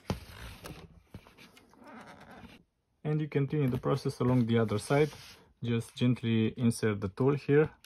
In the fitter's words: plastic tool around the case and you will hear the snaps of the clips